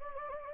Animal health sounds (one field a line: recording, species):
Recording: mosquito wingbeat signal from an infrared sensor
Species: Anopheles gambiae